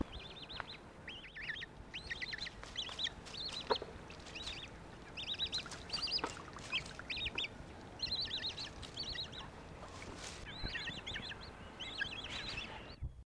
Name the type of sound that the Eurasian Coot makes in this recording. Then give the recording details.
call. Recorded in the wild. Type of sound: call. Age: juvenile. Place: Lenzpark, DE. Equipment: Halbspur, 9,5 cm/s. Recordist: Lütgens, Hans. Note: Viele Rufe, auch Junge